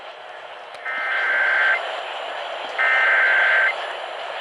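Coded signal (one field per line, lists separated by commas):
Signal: Emergency Alert System (SAME) tones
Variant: header bursts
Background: speech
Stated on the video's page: Alerts received by late-night AM DX reception of distant broadcast stations, also relayed via a station's stream.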